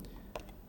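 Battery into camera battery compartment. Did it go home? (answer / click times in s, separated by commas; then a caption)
yes / 0.4 s. A camera battery is pushed into the camera's battery compartment past the blue retaining lever, which holds the battery so it won't come back out. Two faint ticks sound at the start, then a sharp click at 0.4 s as the battery seats. No one talks during the clip.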